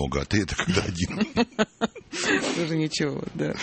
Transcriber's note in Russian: смеются